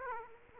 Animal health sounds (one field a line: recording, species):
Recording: mosquito wingbeat signal from an infrared sensor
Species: Aedes aegypti